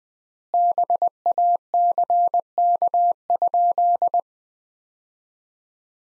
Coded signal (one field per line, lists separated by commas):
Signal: Morse code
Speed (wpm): 20 wpm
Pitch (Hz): 700 Hz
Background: none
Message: BACK?